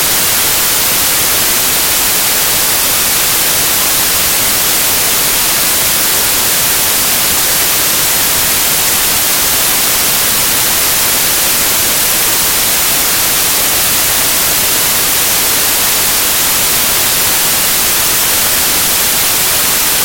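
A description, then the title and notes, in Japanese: White noise runs unbroken for the whole twenty seconds, a dense, even hiss with no events or changes. It sounds bright and airy, strongest in the high hiss, with thin low rumble underneath. The level stays constant from start to finish. ホワイトノイズ。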